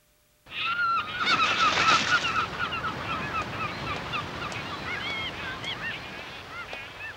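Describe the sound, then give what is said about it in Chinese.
A flock of seagulls calling all at once in the 1987 Cantonese TVB cartoon City Hunter, a dense overlapping chorus of shrill, wavering cries that starts abruptly, peaks early, then settles into steady squawking over a rough background hiss. “哇，好多海鸥啊！”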